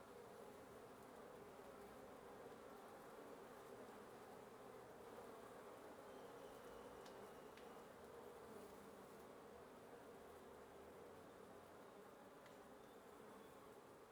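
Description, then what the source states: Wasp nest buzz, a constant drone with a few sharp clicks and a faint thin whistle near seven seconds. Wasp nest under the roof of a residence in Antigua Guatemala, Guatemala, recorded in the morning; headphone listening recommended.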